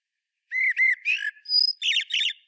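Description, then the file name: Common blackbird song phrase: a pair of clear whistled notes, then a buzzy slur and a high thin note, ending in squeaky twittering, on a silent background. "Turdus merula"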